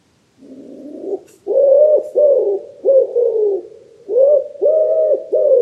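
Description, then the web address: Common wood pigeon coos: a soft opening note, then a string of louder, low coos in quick succession, pausing once before resuming. "cianscape. Deverinetal 2025. Bird Only"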